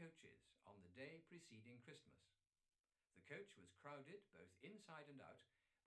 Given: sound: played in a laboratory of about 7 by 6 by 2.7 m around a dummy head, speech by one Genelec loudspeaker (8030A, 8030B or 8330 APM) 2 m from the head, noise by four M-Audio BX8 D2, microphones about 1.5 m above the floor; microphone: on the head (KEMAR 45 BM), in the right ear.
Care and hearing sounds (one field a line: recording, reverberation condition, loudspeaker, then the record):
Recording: male speech in English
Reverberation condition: low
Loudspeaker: 150 degrees to the right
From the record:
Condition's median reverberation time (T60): about 310 ms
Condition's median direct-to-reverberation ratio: about 3.5 dB